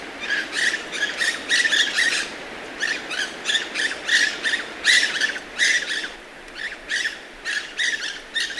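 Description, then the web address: White-breasted parakeet calls: harsh, scratchy squawks delivered in quick bursts, several notes every second, continuing steadily throughout with short pauses between groups. Ecuador. "Natures Songs S America Birds of Ecuador White-breasted Parakeet"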